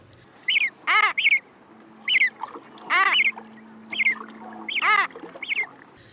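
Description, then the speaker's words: Common murre calls, several harsh wavering cries mixed with higher, thinner notes, in short groups. Adult calling to its chick at sea; species generally silent outside the breeding season. "a common murre, with the sound played an adult calling to its chick at sea, though they are generally silent outside the breeding season."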